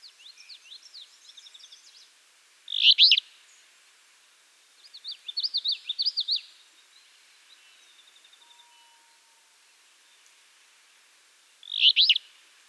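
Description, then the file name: Alder flycatcher giving two rough, burry phrases about nine seconds apart, while other small birds sing high twittering and trilled phrases in between. "Empidonax alnorum - Alder Flycatcher"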